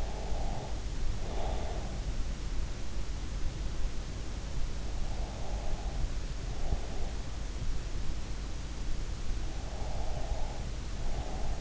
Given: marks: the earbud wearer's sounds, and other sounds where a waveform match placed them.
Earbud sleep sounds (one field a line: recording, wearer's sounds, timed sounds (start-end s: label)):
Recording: sounds in sleep by an in-ear microphone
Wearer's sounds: breath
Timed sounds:
0.00-1.83 s: breath
9.74-11.61 s: breath